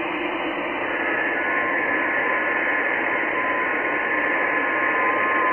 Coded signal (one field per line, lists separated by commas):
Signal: FT8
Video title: 5X3E, Uganda AFRICA, 14MHz, FT8, Worked by HL2WA